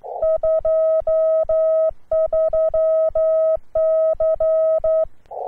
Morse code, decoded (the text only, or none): 23C